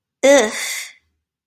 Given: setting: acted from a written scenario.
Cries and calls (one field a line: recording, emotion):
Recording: vocal sound without words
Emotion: contempt